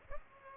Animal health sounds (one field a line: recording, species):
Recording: mosquito wingbeat signal from an infrared sensor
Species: Aedes albopictus